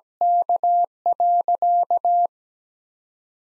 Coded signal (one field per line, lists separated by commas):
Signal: Morse code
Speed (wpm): 17 wpm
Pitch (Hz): 700 Hz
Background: none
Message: K.